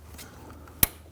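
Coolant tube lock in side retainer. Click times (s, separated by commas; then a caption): 0.8 s. A coolant tube on a 2010-2019 Ford Taurus 3.5L V6, worked on during a serpentine belt tensioner replacement, is pressed into its side retainer, and its plastic lock is pressed on. After a low background hum and faint ticks at about 0.5 and 0.7 seconds, a loud, sharp click rings out at 0.8 seconds. The lock snaps into place and the tube is seated.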